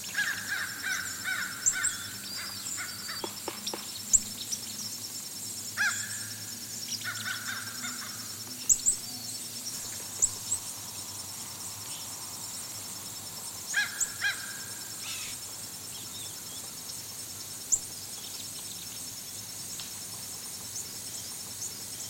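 Fish crows call in short nasal bursts, clustered early and again midway, over a steady high insect hum with sharp clicks and chirps scattered throughout.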